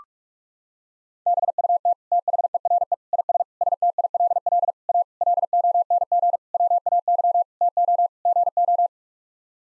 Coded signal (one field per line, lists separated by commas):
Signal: Morse code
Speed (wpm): 46 wpm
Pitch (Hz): 700 Hz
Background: none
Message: BUT THERE IS STILL A LONG WAY TO GO